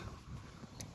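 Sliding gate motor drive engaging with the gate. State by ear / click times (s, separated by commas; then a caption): seated / 0.8 s. A Centurion D5 Evo sliding gate motor's gearbox re-engages after its manual release knob has been unscrewed anti-clockwise and the gate is pulled until the motor drive catches. Over a steady low rumble, a single short, sharp click sounds at 0.8 s as the drive seats with the gate.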